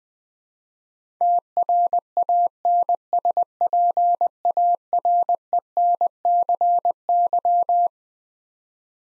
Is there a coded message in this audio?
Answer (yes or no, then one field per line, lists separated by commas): yes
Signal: Morse code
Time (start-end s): 1.2-7.9 s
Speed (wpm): 20 wpm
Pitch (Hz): 700 Hz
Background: none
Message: TRANSPARENCY